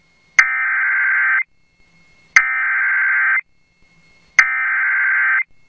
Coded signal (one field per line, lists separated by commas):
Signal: Emergency Alert System (SAME) tones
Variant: header bursts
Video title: Sangean Moment - Flash Flood Warning | EAS #433